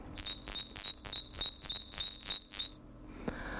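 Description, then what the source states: Great tit song, a clear two-note high whistle repeated nine times at a quick, even pace, then stopping, followed by a faint click. Urban song of a great tit singing in Brussels, with ambient noise removed; played back.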